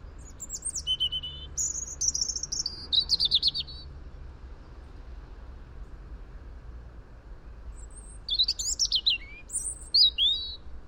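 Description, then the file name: European robin song: a varied phrase of high shimmering notes and trills lasting several seconds, a long pause with only hiss, then a second scratchy, rapid phrase. "Erithacus rubecula"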